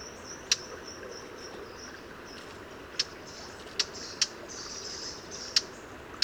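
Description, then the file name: Eurasian blackcap uttering six hard tack clicks at irregular gaps, over a faint high, thin background sound. "Sylvia atricapilla"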